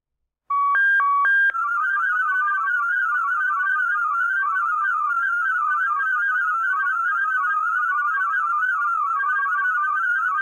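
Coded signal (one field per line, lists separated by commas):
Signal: multi-tone FSK (Olivia or MFSK type)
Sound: short alternating two-tone start, then a steady warbling of tones hopping in a narrow band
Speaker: today we're talking about Olivia that sounds a little bit different doesn't it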